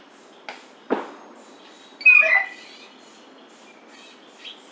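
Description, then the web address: Blue jay gives one loud harsh squealing call after two sharp clicks or knocks, followed by faint softer notes. Recorded 29 July 2009. "Blue Jay 2009 07 29"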